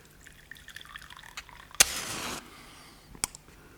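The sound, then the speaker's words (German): A sharp clink, then a brief gush of water poured into a glass for about half a second, followed by quiet and one more light glassy tap. “Nur einen Schluck Wasser.”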